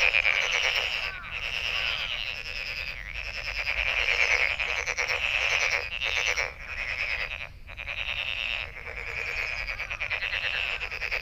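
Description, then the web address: Frog chorus of many overlapping pulsed, rattling calls pitched high, running almost without pause, with brief dips in loudness and a few short chirps mixed in. Recorded 23 May 2008. "misc sound frog frog 20080523"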